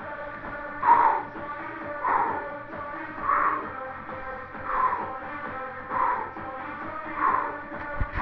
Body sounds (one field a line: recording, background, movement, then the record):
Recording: deep breathing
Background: music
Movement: sitting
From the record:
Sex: male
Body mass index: 22.0 kg/m2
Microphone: on the chest, facing the body